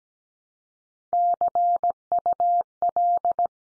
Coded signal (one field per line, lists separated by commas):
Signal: Morse code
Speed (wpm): 17 wpm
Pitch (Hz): 700 Hz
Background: none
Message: CUL